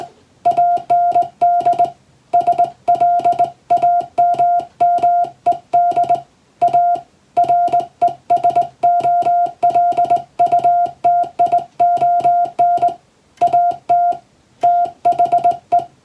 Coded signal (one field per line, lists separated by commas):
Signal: Morse code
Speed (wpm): 21 wpm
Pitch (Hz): 700 Hz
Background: music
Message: AND SLAMMED A RESOLUTION AT THE